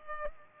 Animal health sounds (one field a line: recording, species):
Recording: mosquito wingbeat signal from an infrared sensor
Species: Culex pipiens